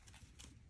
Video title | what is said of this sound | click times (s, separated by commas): Review ANNE BETTY Ionic Hair Dryer with Diffuser, Powerful 1800W Blow Dryer for Women & Men, Fast-Dr | I just want you to see how it easily uh, the attachments snap into place. | 0.4 s